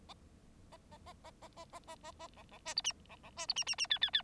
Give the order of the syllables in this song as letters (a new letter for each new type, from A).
A A A A A A A A A A B B C D E B B C D E E E F F F